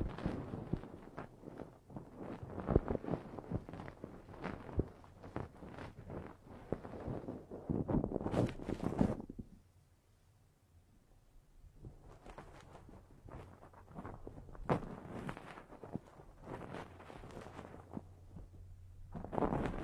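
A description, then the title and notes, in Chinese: Ear-cleaning ASMR with dense, scratchy rubbing and scraping strokes that come in rapid, uneven bursts. The sound drops almost to silence around the ten-second mark, then the scraping picks up again and builds toward the end. A low, steady hum runs underneath. 8D掏耳朵！360° 环绕触发。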